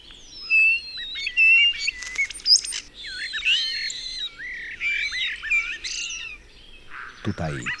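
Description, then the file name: Common starling song: varied whistled slurs, warbles and sharp clicks strung together, ending with a harsh burst. "Szpak"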